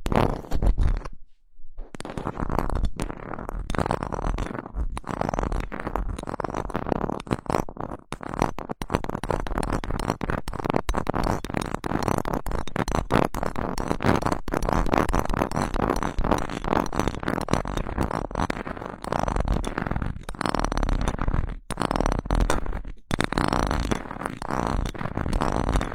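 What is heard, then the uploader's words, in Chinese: Fingers scratch directly across a microphone, producing a dense, rough rasping that runs almost continuously. Quick strokes blur into a steady scrubbing with low rumbles mixed in, broken by a short pause near the start and brief gaps around 8, 21 and 23 seconds. 手指抓挠话筒。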